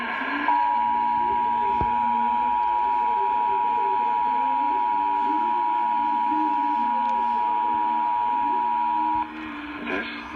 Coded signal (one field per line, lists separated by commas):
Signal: Emergency Alert System (SAME) tones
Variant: 853 and 960 Hz attention tone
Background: speech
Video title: EAS #268 National Periodic Test